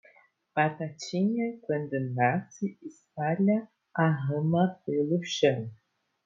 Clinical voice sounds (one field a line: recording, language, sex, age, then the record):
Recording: short text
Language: Brazilian Portuguese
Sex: female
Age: 20 to 29 years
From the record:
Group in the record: control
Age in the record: 23 years